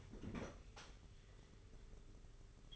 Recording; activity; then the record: daily activity, microphone in the room; open fridge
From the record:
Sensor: 4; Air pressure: 991.9 hPa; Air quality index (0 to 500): 102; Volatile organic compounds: 13 ppm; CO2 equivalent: 2411 ppm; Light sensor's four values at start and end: 20/67/25/25 and 20/65/24/24